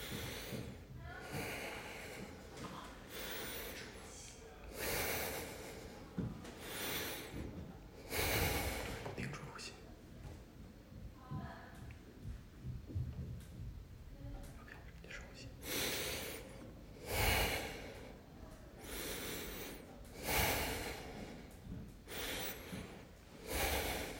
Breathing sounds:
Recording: deep breathing after running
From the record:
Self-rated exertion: light exertion (2 of 6)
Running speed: 7 miles an hour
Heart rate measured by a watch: 116 beats a minute at the start, 107 at the end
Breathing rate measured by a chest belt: 17 breaths a minute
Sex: male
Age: 25 years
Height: 174 cm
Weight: 71 kg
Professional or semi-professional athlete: no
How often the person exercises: 3 to 5 times a week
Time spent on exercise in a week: 2 to 3 hours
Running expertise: no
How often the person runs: 1 to 2 times a week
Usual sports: running, swimming, badminton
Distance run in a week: 8 km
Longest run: 10 km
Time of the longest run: 48 minutes

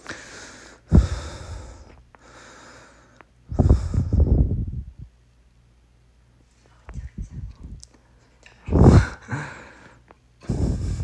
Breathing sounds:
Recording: deep breathing after running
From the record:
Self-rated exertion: light exertion (2 of 6)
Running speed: 7 miles an hour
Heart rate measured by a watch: 91 beats a minute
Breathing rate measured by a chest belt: 16 breaths a minute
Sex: male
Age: 37 years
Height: 174 cm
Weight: 76 kg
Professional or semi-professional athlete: no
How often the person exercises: over 5 times a week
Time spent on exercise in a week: over 5 hours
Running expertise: yes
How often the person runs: 3 to 5 times a week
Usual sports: running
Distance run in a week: 70 km

